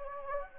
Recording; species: mosquito wingbeat signal from an infrared sensor; Anopheles gambiae